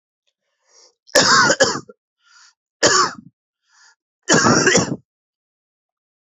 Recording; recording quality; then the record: heavy voluntary cough; excellent, no background noise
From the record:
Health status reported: healthy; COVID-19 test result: negative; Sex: male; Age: 28 years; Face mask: not worn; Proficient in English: yes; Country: India